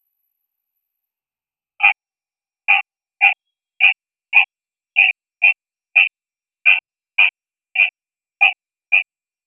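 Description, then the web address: Mahogany treefrog calls: thirteen short, rattling pulsed notes repeated roughly every half second in a steady series, with silence before and between them. "Tlalocohyla loquax"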